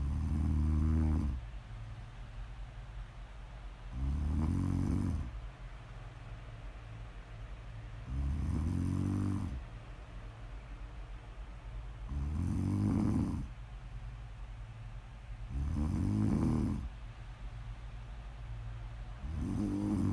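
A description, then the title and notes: Deep, rumbling snores repeat at a steady pace, one roughly every four seconds, each lasting just over a second with a raspy, breathy edge. A low, constant hum fills the quiet gaps between breaths. Please enjoy some prime ASMR snoring.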